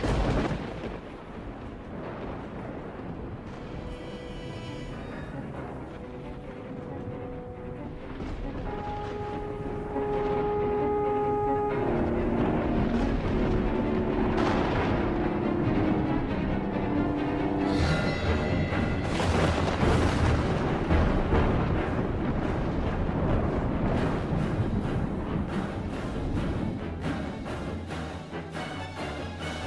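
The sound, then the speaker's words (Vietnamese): Heavy, continuous thunder from a lightning strike rumbles and booms for about half a minute, loud and dense throughout, with sustained droning tones blending into the roar and sharper cracks in the second half. “Đúng lúc một tiếng sét chói lòa vụt lên, mọi thứ sáng rực.”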